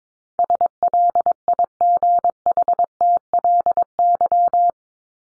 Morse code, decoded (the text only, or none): SLIGHTLY